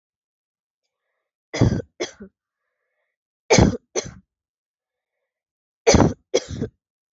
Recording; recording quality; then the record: heavy voluntary cough; moderate, slight background noise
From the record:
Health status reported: respiratory illness, not identified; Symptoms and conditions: none ticked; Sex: female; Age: 24 years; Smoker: not ticked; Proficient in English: yes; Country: India